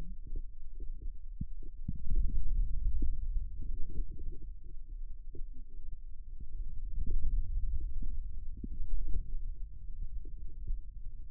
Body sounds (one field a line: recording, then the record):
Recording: forearm muscle sounds (acoustic myography)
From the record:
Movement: pen grasping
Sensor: system 2, bracelet of six BSWA MPA416 microphones around the upper forearm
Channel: 6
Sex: male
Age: 22 years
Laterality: right